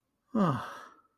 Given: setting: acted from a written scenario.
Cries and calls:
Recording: vocal sound without words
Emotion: relief

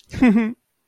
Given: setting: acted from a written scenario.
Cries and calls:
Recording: vocal sound without words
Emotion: adoration

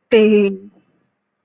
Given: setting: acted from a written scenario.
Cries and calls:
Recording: vocal sound without words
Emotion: pain

